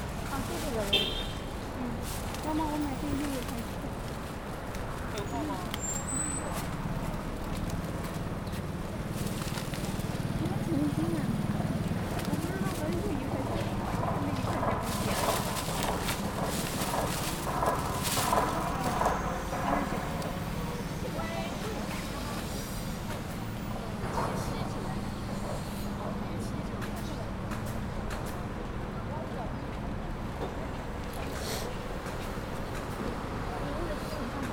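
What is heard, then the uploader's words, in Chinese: Street sounds at the south gate of Peking University while waiting for someone. A steady low traffic rumble runs under overlapping voices and chatter the whole time, with scattered knocks and clicks and a brief thin whine near the start. 仿佛在北大南门等人｜城市声音。气温在1度左右。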